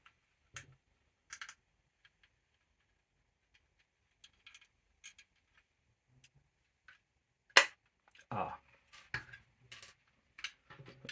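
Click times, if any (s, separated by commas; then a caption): none. A plastic tread section is pushed onto the structural leg piece of a model, producing a series of faint ticks and small plastic taps, with a louder sharp knock near 7.6 s and a scraping rattle after it while someone talks. The piece is not seated properly, so nothing has seated or clicked yet, and it is about to be tried again.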